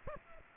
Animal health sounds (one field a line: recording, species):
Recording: mosquito wingbeat signal from an infrared sensor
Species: Aedes aegypti